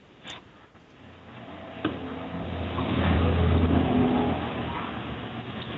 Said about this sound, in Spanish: Ese sonido de carros no es mío, no es de aquí.